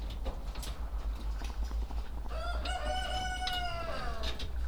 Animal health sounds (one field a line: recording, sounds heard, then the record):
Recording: poultry house recording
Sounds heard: sick chickens (respiratory disease)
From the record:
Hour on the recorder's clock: 17